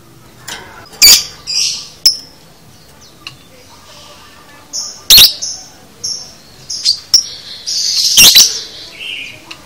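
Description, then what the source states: Lovebird chattering in irregular shrill chirps and sharp clicks, with several loud screeches and quieter twittering between. Masteran (training audio) for teaching a lovebird the konslet chatter style.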